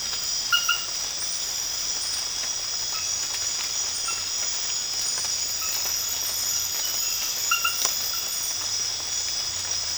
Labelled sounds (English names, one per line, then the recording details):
none
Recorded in dense forest near Puerto Asís, Putumayo, Colombia, on 8 March 2025 at 00:00
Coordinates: 0.484, -76.325
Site G045